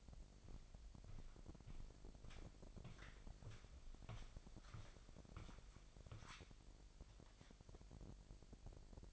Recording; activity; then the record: daily activity, microphone in the room; walk to room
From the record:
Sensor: 5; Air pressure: 1002.1 hPa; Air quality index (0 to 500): 248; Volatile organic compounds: 7 ppm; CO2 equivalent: 2016 ppm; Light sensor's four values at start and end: 32/76/31/32 and 32/74/31/33